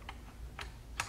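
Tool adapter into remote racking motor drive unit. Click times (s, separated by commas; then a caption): 1.0 s. A tool adapter is slid onto the remote racking motor drive unit used for racking a Siemens GMI 15 kV breaker, with the adapter's collar lifted and then released. Two small clicks sound near 0.1 s and 0.6 s, and the loudest, sharpest click at 1.0 s marks the collar locking the adapter in place. The adapter is seated and locked onto the drive unit.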